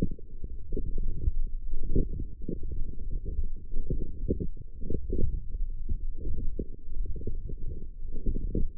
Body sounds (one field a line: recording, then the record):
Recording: forearm muscle sounds (acoustic myography)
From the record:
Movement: forearm pronation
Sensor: system 1, eight BSWA MPA416 microphones around the upper forearm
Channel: 6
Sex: male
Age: 20 years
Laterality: left